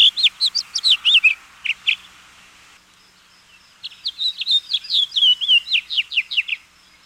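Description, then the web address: House finch song: two bursts of quick, warbled, slurred notes, a pause of about two seconds between them, the second phrase longer and ending in downslurred notes. "101 Bird Songs. House Finch"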